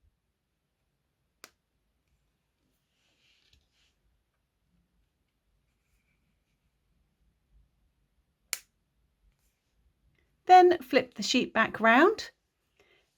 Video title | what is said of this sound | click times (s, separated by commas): Crochet Amigurumi Ghost - NO SEWING REQUIRED 👻 | to the safety eyes you want to push them on until they click | 1.4 s, 8.5 s